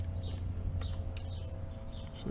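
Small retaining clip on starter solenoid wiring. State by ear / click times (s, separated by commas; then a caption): seated / 1.2 s. A small retaining clip on the starter solenoid wiring of a 1991–1996 Ford Escort GT 1.8L is pushed back into place over a low steady hum and faint handling sounds. A sharp click at 1.2 s stands well above the quieter handling before it, and the clip is seated.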